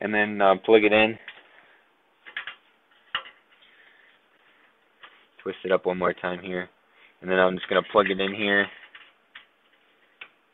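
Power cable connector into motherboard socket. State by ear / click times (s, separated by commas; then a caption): seated / 10.2 s. Someone talks while a twisted power cable's plastic connector is plugged into its motherboard socket, with a few small handling taps along the way. The connector clicks into place at 10.2 s and is seated.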